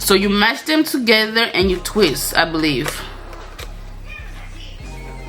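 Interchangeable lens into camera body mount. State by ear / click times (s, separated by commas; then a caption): not seated / none. Someone talks while lining up the red mark on an interchangeable lens with the red mark on the body mount of a Canon EOS R8 to twist the lens on. After about 3 seconds the talk stops, leaving a low steady hum with faint handling sounds. The lens has not yet seated or clicked into the mount.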